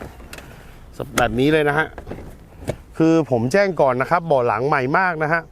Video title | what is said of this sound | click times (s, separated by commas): #ขายรถมือสอง✅️✅️Mitsubishi Pajero 3.2 ดีเซล 4X4 สวยมาก🔥🔥ขาย315,000⭐️⭐️โทร 095-448-3994#ขายแล้วครับ | แบบนี้นะครับเขาก็จะเข้าล็อกพอดีเห็นมยฮะเข้าล็อคเป๊เลยนะครับนี่นะครับ | 0.3 s, 0.4 s